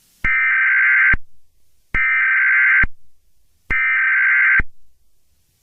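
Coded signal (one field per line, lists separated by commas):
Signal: Emergency Alert System (SAME) tones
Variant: header bursts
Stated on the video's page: Homemade fictional dense smoke warning EAS tones, not a real alert.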